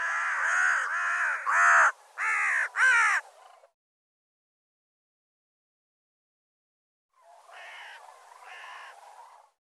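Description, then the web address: Bird calling with hoarse caws, several loud ones in quick succession, a pause of silence, then two softer, fainter caws close together. "cianscape birddata"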